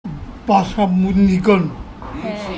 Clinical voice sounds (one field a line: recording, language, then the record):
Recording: elicited speech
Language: Bengali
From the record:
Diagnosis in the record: Broca's or global aphasia after a stroke